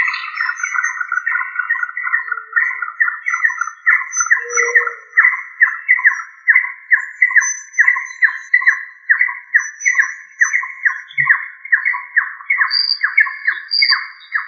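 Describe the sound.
Rail producing a long, rhythmic stream of harsh stuttering notes, with thin high whistles sounding faintly behind.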